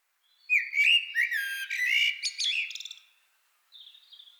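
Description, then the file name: Common blackbird singing one rich, fluty phrase of warbled notes that breaks into a scratchy high flourish, followed by a soft thin twitter. "Turdus merula"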